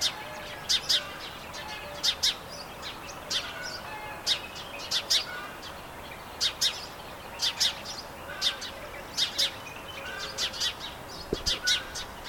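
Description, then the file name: House sparrow chirping: bright, clipped cheeps in loose clusters of two or three, spaced unevenly throughout, over faint low tonal notes and a constant background hiss. "Passer domesticus"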